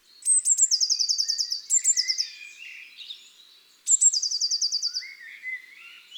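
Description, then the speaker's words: Eurasian Blue Tit song: thin high notes followed by a fast trill, given three times. Song sounds like pretty bursts of laughter. "La mésange bleue lance de jolis éclats de rire."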